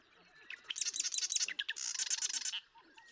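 Marsh Wren song: a rapid, gurgling, buzzy chatter of about two seconds over repeated low calls.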